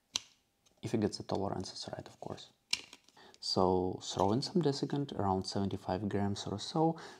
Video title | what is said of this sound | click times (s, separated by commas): In-spool desiccant boxes don't work so I made a different one | It opens on the side and closes with a satisfying click | 0.2 s